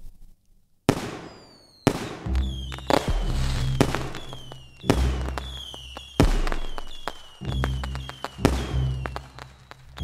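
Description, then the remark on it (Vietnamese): Fireworks bursting in the sky at midnight on Lunar New Year's Eve, marking the new year, in a rapid, uneven series of loud booms, each followed by crackling and fizzing tails and a low rumble, with barely a pause between blasts. “Mười hai giờ đêm 30 tháng chạp, đúng thời khắc chuyển giao năm cũ sang năm mới, pháo hoa đang nổ đì đùng trên bầu trời đón chào khoảnh khắc giao thoa,”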